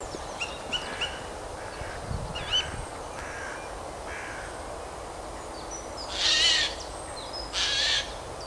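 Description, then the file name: Eurasian jay making two loud, hoarse screeches near the end, preceded by soft chirps and faint calls from other birds. "Garrulus glandarius"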